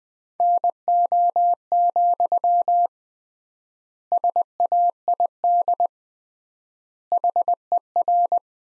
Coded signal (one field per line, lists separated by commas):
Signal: Morse code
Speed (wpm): 20 wpm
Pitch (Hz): 700 Hz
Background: none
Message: NO, SAID HER